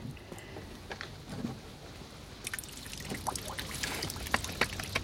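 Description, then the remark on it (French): Water pours out of a pipe after its plug is pulled out, at an artificial lake: a low steady rush, then partway through a brighter splashing stream bursts in with crackling spatters that grow slightly louder toward the end. No one speaks. “Je retire le bouchon de ce tuyau.”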